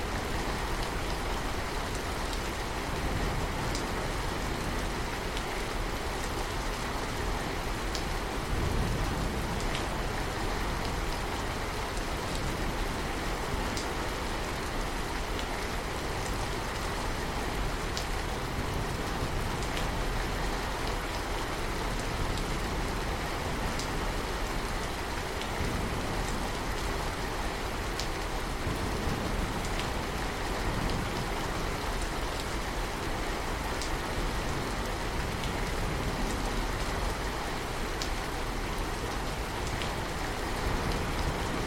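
Steady, dense rain patters against a window glass, with fine drops ticking brightly all through the clip and no pause. A low, rolling rumble of wind surges and eases underneath, while the overall loudness stays even from start to finish.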